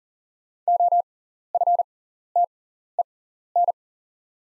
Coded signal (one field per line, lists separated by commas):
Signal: Morse code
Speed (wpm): 40 wpm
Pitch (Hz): 700 Hz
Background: none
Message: OFTEN